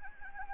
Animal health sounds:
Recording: mosquito wingbeat signal from an infrared sensor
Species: Anopheles gambiae

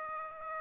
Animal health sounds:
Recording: mosquito wingbeat signal from an infrared sensor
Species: Aedes aegypti

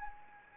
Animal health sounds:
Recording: mosquito wingbeat signal from an infrared sensor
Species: Anopheles arabiensis

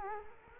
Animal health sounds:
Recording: mosquito wingbeat signal from an infrared sensor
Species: Culex quinquefasciatus

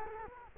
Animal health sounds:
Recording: mosquito wingbeat signal from an infrared sensor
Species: Culex quinquefasciatus

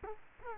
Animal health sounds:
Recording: mosquito wingbeat signal from an infrared sensor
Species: Culex quinquefasciatus

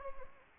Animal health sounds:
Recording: mosquito wingbeat signal from an infrared sensor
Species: Anopheles gambiae

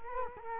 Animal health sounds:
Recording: mosquito wingbeat signal from an infrared sensor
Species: Culex quinquefasciatus

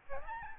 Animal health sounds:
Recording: mosquito wingbeat signal from an infrared sensor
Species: Aedes albopictus

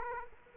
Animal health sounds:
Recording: mosquito wingbeat signal from an infrared sensor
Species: Aedes aegypti

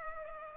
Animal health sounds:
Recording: mosquito wingbeat signal from an infrared sensor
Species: Culex pipiens

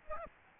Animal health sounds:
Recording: mosquito wingbeat signal from an infrared sensor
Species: Aedes aegypti

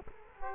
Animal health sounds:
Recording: mosquito wingbeat signal from an infrared sensor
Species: Culex quinquefasciatus

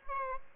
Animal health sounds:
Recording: mosquito wingbeat signal from an infrared sensor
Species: Aedes albopictus

